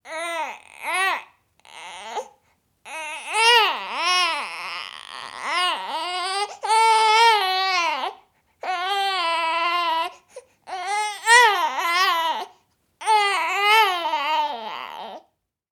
Newborn Baby cry.